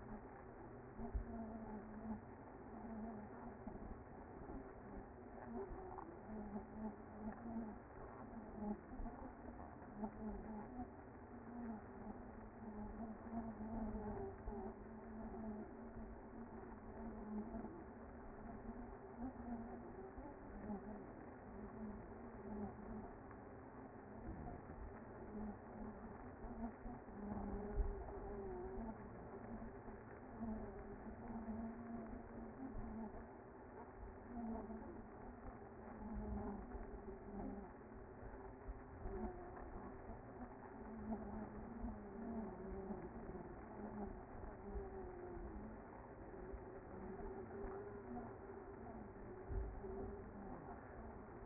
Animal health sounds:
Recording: honeybee colony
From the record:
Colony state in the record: active

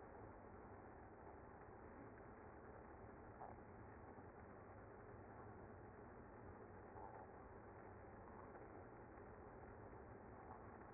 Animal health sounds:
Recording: honeybee colony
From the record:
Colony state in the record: active

